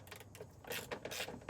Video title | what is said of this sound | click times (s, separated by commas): 2017-2019 F250 6.7L Diesel Fuel Filter - Water Separator Replacement | do it properly, and you can hear it clicks when | 1.5 s